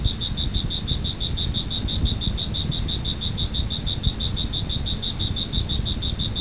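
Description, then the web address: Cricket chirping in a fast, regular chain of high, bright pulses, over a fairly loud low-pitched rumble. "特酷声音素材库 动物 昆虫 蟋蟀"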